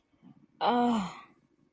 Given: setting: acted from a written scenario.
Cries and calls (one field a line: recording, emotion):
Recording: vocal sound without words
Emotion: relief